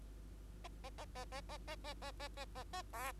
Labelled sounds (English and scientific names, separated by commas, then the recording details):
Bengalese Finch (Lonchura striata domestica) song
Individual Bird2